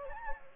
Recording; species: mosquito wingbeat signal from an infrared sensor; Anopheles gambiae